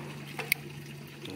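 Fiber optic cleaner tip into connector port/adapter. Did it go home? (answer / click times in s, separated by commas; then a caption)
yes / 0.5 s. A plastic one-click fiber optic connector cleaner is pushed into a connector port until its mechanism gives a sharp, bright click at 0.5 s, confirming it has clicked home. A softer click comes just before it near 0.4 s, and a faint tick at 1.3 s, over a steady low hum.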